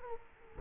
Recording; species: mosquito wingbeat signal from an infrared sensor; Culex quinquefasciatus